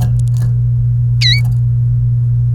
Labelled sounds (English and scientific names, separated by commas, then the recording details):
Domestic Canary (Serinus canaria) song
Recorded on 30 April 2018 at 06:59
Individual llb3